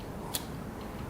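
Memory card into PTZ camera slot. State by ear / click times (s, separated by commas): not seated / none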